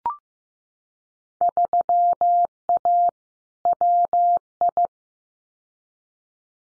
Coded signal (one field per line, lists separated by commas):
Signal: Morse code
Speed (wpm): 15 wpm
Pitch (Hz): 700 Hz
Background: none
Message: 3A WI